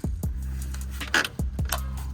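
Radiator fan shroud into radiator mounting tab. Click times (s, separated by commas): 1.1 s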